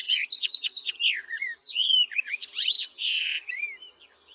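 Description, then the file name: Barred warbler song, quick chattering warble with some rising whistled notes and a buzzy note near the end. "barredw nisoria"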